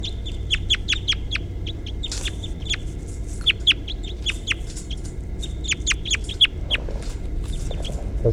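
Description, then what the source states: Crossbill calls: a series of brief sharp chip notes in irregular bursts, with a short noise burst early on and low rumble beneath. Individually numbered bird 353.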